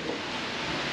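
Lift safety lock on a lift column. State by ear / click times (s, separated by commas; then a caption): not seated / none. A car lift is lowered onto its mechanical safety locks, and the lock on one lift column fails to engage. Only steady, broadband noise is heard for the full second, with no sharp transients. Nothing has seated or clicked yet.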